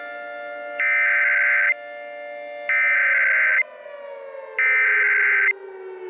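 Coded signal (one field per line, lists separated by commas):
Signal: Emergency Alert System (SAME) tones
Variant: header bursts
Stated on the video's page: Fictional EAS scenario with valid EAS tones.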